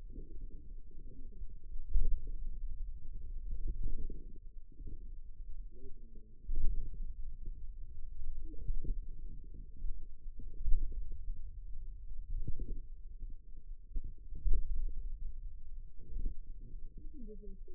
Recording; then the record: forearm muscle sounds (acoustic myography)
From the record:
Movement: pen grasping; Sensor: system 2, bracelet of six BSWA MPA416 microphones around the upper forearm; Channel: 4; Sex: female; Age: 21 years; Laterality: right